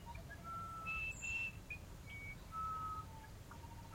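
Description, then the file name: Musician wren singing a few clear whistled notes at shifting pitches, some held, some short, with a low rumbling background. "uirapuru"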